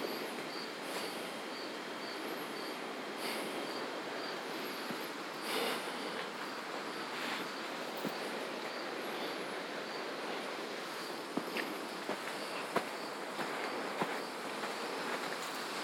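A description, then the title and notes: Michigan beach sounds: a steady, dense wash of surf that barely rises or falls for the whole stretch. A faint high pulsing chirp repeats about once a second, with a few thin bird-like calls above it and scattered sharp clicks after the halfway point. A variety of bird calls and insects. The ebbing waves of Lake Michigan. This session was recorded with the Zoom F3 and DPA Binaural headset. Classic Michigan beach sounds.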